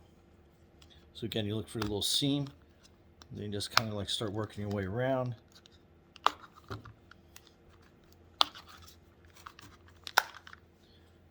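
Someone talks, then an old ear pad is pried from its seam and worked around a Bose headphone ear cup. Sharp snaps at 6.3, 8.4 and 10.2 seconds mark its plastic tabs popping free until the pad is released.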